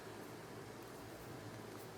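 A small plastic toy part is turned around and handled against a miniature toy piece as it is being refitted. Only a steady, even broadband hiss with faint low hum is heard, with no distinct click. Nothing has seated or clicked yet.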